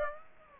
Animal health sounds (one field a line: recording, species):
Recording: mosquito wingbeat signal from an infrared sensor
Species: Aedes aegypti